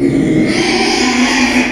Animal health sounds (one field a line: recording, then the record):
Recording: squeal of a Yucatan mini pig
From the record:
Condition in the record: after surgery on the right vocal fold (resection and tissue-engineered implant)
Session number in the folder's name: 2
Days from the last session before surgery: 13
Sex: male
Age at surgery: 12 weeks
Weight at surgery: 13 kg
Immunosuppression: cyclosporine, prednisolone